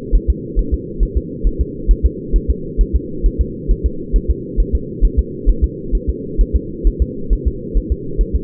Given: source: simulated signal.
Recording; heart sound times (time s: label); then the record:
fetal heart sounds
0.16 s: S1
0.30 s: S2
0.59 s: S1
0.74 s: S2
1.03 s: S1
1.17 s: S2
1.47 s: S1
1.61 s: S2
1.91 s: S1
2.06 s: S2
2.36 s: S1
2.50 s: S2
2.81 s: S1
2.96 s: S2
3.26 s: S1
3.41 s: S2
3.71 s: S1
3.86 s: S2
4.16 s: S1
4.31 s: S2
4.60 s: S1
4.75 s: S2
5.05 s: S1
5.19 s: S2
5.49 s: S1
5.64 s: S2
5.95 s: S1
6.10 s: S2
6.41 s: S1
6.56 s: S2
6.87 s: S1
7.02 s: S2
7.33 s: S1
7.48 s: S2
7.78 s: S1
7.92 s: S2
8.21 s: S1
8.36 s: S2
From the record:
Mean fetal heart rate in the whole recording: 135 bpm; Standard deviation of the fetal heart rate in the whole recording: 3 bpm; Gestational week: 36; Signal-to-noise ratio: -4.3 dB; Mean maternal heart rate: 72 bpm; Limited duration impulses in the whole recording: present